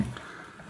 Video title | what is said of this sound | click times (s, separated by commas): Brick or Mortar? Where to Drill for Rawlplugs DIY (Hilti TE-6s Technique) | and that's what we have to do with the healthy just push it in and wait till it clicks | 0.2 s